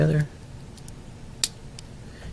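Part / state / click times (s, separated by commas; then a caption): diecast model body onto its chassis / seated / 1.4 s. A 1/64-scale diecast 1998 Matt Kenseth #60 TCA Peterbilt truck, whose posts were drilled out, has its diecast body pushed back onto its chassis. Someone talks briefly at the start, then faint ticks are followed by a sharp snap at 1.4 s as the body seats onto the chassis.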